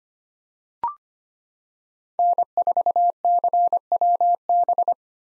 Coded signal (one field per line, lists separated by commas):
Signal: Morse code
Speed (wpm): 25 wpm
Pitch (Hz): 700 Hz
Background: none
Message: N4CWB